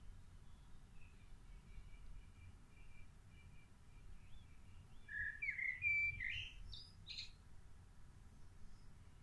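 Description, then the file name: Bird song: a short burst of bright chirps and trills around the middle, after faint thin notes, over steady low rumbling background noise. "chant oiseaux"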